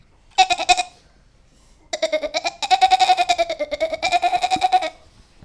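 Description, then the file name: Goat giving a short wavering bleat, then after a pause a long, tremulous bleat lasting about three seconds. "chevre"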